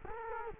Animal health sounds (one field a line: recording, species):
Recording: mosquito wingbeat signal from an infrared sensor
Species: Culex quinquefasciatus